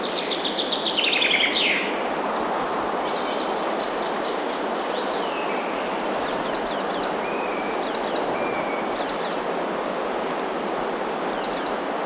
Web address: مجموعه افکت صدا حیوانات SES Animals SFX Singing Forest Birds